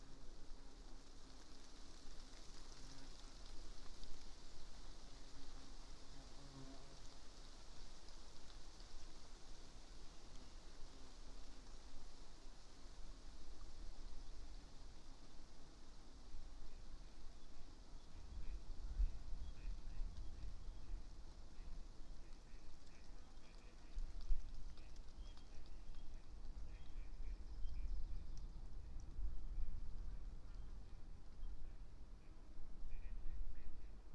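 A thunderstorm passing east of Bear Mountain: low rolling rumbles swell after twenty seconds over a steady hiss of insects and faint birdsong.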